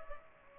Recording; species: mosquito wingbeat signal from an infrared sensor; Culex pipiens